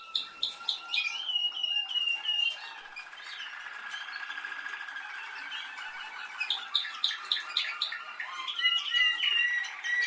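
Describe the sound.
Canary song, a long varied run of rapid trills and bright whistled notes with buzzy rolls in the middle.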